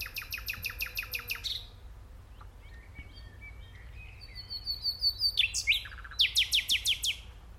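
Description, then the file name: Common nightingale song: loud rapid repeated notes, a quieter stretch of soft whistles, then further fast pulsed series of notes. "Luscinia megarhynchos"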